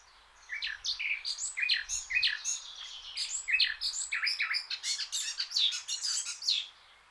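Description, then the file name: Eurasian blackcap giving a long, dense, scratchy warble of rapid chirps and squeaky notes, with faint low rumbling beneath. "Sylvia atricapilla"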